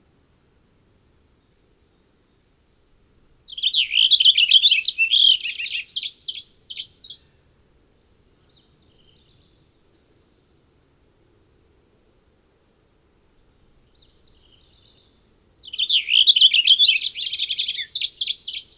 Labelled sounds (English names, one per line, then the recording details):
Cassin's Finch song
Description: Cassin's Finch song recorded in Moraine Park in Rocky Mountain National Park
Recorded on 29 June 2015